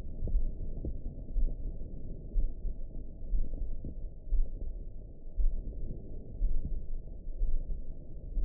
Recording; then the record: heart sounds by optical stethoscope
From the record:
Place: mitral valve (MV)